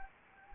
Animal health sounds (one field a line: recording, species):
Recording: mosquito wingbeat signal from an infrared sensor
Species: Anopheles gambiae